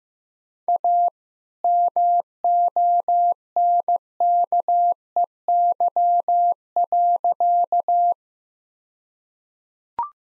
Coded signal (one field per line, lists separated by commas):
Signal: Morse code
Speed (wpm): 15 wpm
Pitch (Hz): 700 Hz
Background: none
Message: A MONKEY.